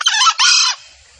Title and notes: Pancingan Suara Ayam Hutan Betina. Suara ayam hutan jantan buat masteran pikat di hutan. Pemikat Ayam Hutan